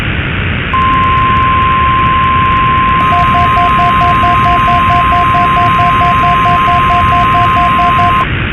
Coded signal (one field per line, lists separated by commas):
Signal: Emergency Alert System (SAME) tones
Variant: 1050 Hz attention tone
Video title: EAS 17: No Time To Prepare